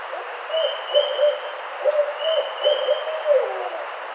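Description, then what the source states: Barred owl hooting: a rhythmic series of low, deep hoots, with a faint high trill sounding twice in the background. Recorded 18 April 2009.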